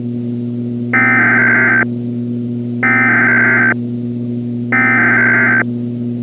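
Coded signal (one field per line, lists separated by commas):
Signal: Emergency Alert System (SAME) tones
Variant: header bursts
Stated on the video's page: Fictional EAS scenario, not a real alert.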